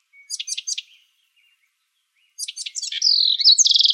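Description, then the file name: House wren song: a few quick chips, a pause, then a fast bubbling phrase ending in a rapid, even, high trill. Recorded in Arizona on 22 May 2005. "HOWR 5 D deviche"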